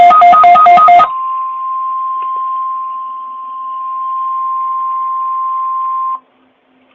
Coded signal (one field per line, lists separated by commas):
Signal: Emergency Alert System (SAME) tones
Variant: 1050 Hz attention tone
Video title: Happy New Year! Here are my most favorite EAS alerts I filmed!